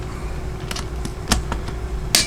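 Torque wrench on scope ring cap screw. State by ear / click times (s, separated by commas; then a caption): torque reached / 2.1 s. A torque wrench tightens a cap screw on a CVLife 7075 aluminum scope ring. A series of small ticks is heard, then a sharp, loud click at 2.2 seconds as the wrench reaches its setting and the screw is torqued.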